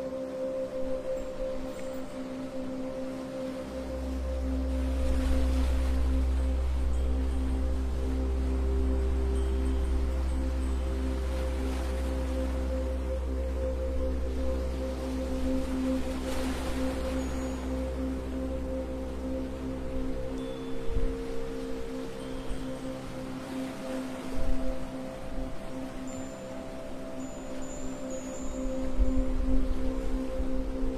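Relaxing sleep music with sea waves: steady sustained tones hold throughout, ringing like a singing bowl, while soft swells of wave wash rise and fall about every five to six seconds. A deep low hum enters near four seconds and fades around twenty.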